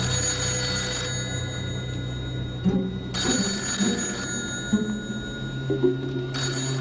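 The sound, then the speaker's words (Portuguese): An old-style telephone bell rings in bursts, a loud metallic trill that stops briefly and starts again, over a steady low hum with no talking. “Dave, sabia que o telefone está tocando?”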